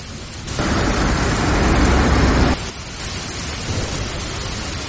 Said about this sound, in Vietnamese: Những giọt mưa giống như ngọn roi quật bùm vào cửa sổ. Cả thế giới đang bị cơn mưa tầm tã rung chuyển, giống như sắp sụp đổ vậy.